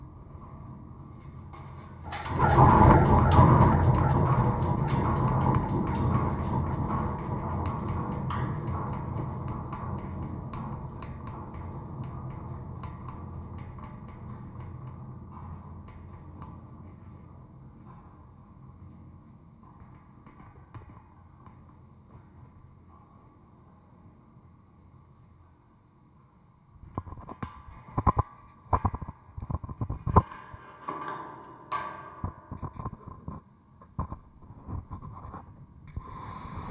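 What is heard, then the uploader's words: A gate picked up through a contact mic: after a quiet start, a heavy clang at about two seconds rings out with a low rumble and a steady mid hum, fading slowly over twenty seconds. From about 27 seconds, irregular sharp knocks and rattles follow. Contact mic on gate.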